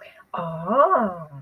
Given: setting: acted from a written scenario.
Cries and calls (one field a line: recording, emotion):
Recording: vocal sound without words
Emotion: realization